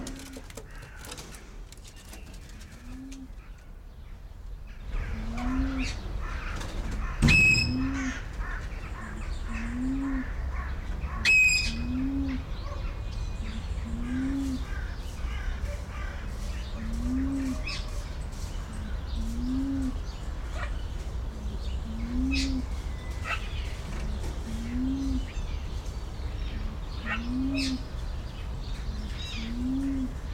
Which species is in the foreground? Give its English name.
Golden Myna